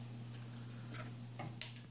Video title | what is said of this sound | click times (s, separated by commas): How to: Replacing semi-rimless lenses | And sometimes you hear a nice little pop when it pops into place. | 1.6 s